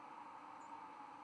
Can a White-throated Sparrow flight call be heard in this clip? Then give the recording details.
no. Another species' flight call is heard. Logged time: 02:17 on 24 November 2014